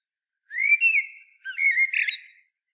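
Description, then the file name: Common blackbird: a rising whistled note sliding into a level tone, a pause, then a second whistle ending in a burst of rough chattering notes. "Turdus merula"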